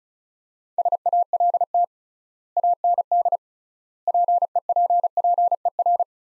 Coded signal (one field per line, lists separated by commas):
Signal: Morse code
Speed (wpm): 36 wpm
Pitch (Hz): 700 Hz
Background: none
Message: SALT AND PEPPER